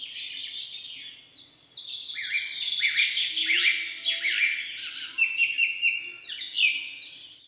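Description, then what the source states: Birds in a busy chorus, many high chirps and trills overlapping continuously, swelling louder toward the middle and end. Morning bird song.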